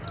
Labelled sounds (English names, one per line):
Palm Warbler flight call